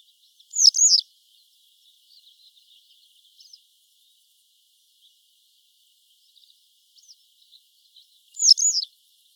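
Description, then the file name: Western yellow wagtail calls: a sharp, high double 'tsreep' near the start, repeated about eight seconds later, with faint scattered chirps in between. "Motacilla flava"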